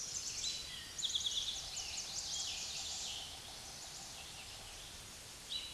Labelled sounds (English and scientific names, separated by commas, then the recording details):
Eastern Towhee (Pipilo erythrophthalmus) song
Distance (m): 40 m
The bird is about 5 m above the microphone
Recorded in a Pennsylvania forest on 16 May 2024 at 06:12
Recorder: AudioMoth, point MSD-2376
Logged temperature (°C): 16.7 °C
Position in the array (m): 110 m, 6 m